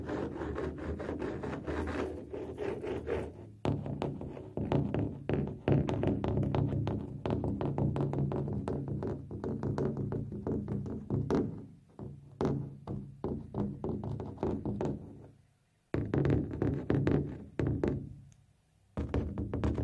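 Scratching and rubbing on a drum: dense, low, gritty strokes with quick taps, broken by short silences near 3.5, 15 and 19 seconds.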